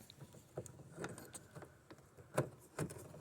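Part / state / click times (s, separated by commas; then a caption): puddle light into car door trim panel / not seated / none. A plastic courtesy (puddle) light, already connected, is handled and slid toward its opening in the lower door trim panel of a 2013 Mini Cooper R56 (front, lower speaker grille replacement). Soft handling taps and rustles are heard, with sharper knocks near 0.7, 1.0, 2.4 and 2.8 seconds. Nothing has seated or clicked yet; the clip ends before the light snaps home.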